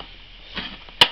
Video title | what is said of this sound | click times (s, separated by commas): Fix a Diaper Genie 2 - Broken Spring Loaded Plastic Insert | snap it shut hear a little clicking sound that's all there is to it | 1.0 s